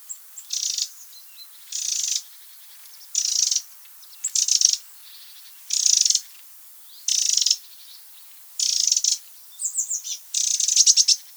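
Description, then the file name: Eurasian wren repeating coarse, pulsed rattle calls at a steady pace of about one every one to two seconds, with faint chirps behind. "Troglodytes troglodytes"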